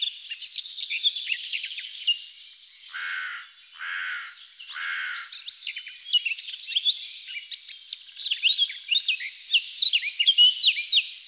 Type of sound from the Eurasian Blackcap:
song